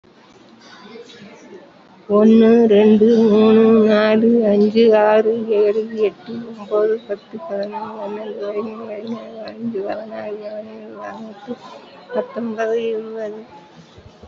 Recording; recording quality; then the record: counting at a fast pace; excellent, no background noise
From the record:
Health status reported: COVID-19 positive, moderate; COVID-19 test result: positive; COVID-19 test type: RT-PCR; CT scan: taken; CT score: 3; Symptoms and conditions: cough, cold, breathing difficulty, sore throat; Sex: female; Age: 75 years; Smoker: no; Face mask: worn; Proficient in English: no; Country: India